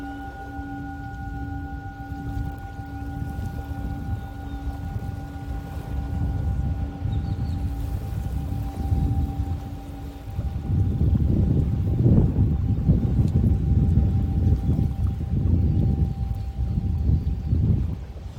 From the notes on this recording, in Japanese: メキシカンカリブのビーチより 波打ち際の水の弾ける音と海鳥のさえずりと共に シンギングボウルのサウンド